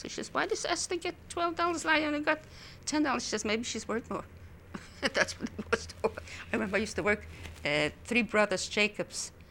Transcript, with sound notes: She says, "Why does Esther get twelve dollars and I only got ten dollars?" She says, "Maybe she's worth more." (laughs) That's what it was for --. I remember I used to work at Three Brothers Jacobs.